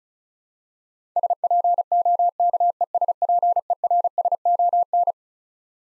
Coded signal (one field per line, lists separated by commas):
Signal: Morse code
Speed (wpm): 36 wpm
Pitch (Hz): 700 Hz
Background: none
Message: SPOKESPERSON